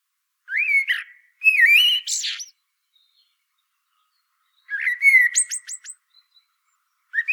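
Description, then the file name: Common blackbird singing two fluty, warbled low phrases, each ending in a squeaky high twitter, separated by a pause of about two seconds, with another phrase just starting at the end. "Turdus merula"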